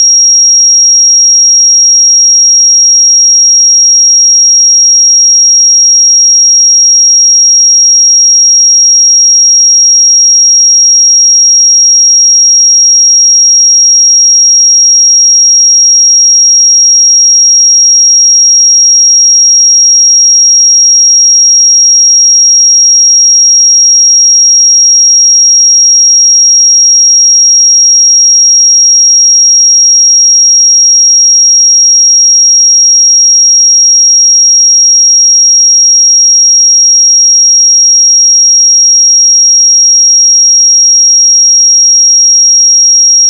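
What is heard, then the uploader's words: A pure sine tone at 5617 Hz sounds for the full 43 seconds, thin and piercingly high. It holds one unchanging pitch at an even, constant loudness from start to finish, with nothing else audible behind it. 5617 Hz 1 Hz Interval Sine Pure Tone Frequency 441000 Sample Mono.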